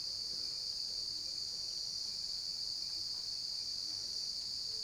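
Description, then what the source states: Cricket sound forming a constant shrill ringing tone with no pauses, calm and even from start to finish. Cricket ambience recorded at night.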